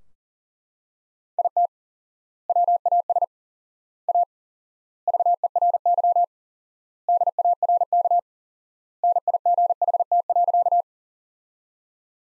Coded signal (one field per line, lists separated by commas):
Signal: Morse code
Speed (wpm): 40 wpm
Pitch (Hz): 700 Hz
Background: none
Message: IT WAS A VERY DARK NIGHT.